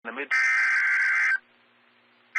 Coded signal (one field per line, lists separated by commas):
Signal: Emergency Alert System (SAME) tones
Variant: header bursts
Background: speech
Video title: Tornado Warning (Hardin, Larue, Nelson Counties, KY) (3/25/21) [EAS #79]